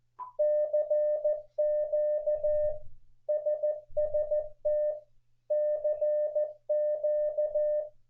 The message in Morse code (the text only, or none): CQ SST CQ